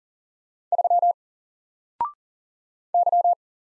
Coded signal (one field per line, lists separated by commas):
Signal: Morse code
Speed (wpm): 38 wpm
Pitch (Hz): 700 Hz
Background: none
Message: 3 Y